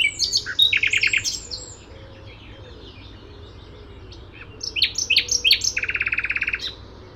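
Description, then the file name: Common nightingale song: a loud run of repeated notes, a quiet pause, then strong varied phrases ending in a rapid, even trill. "Luscinia megarhynchos"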